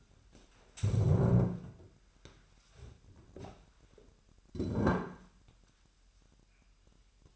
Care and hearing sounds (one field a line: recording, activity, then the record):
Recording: daily activity, microphone in the room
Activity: stand up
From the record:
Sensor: 2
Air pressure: 998.5 hPa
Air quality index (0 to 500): 126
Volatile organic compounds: 3 ppm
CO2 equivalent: 1420 ppm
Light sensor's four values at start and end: 6/14/6/6 and 5/11/5/5